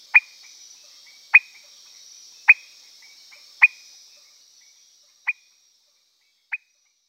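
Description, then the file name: Peters' thin-toed frog producing short notes about once a second; a continuous high buzz fades out midway, leaving the last two notes in silence. "Leptodactylus petersii"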